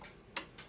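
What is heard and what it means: On a Waterbury calendar clock, the lever is raised fully, above the little arm, and the second side of the calendar pawl on the count wheel resets. It does so with a single sharp metal click at 0.4 s against quiet background hiss. This second click seats the pawl, which is needed for the day-of-the-week side to turn.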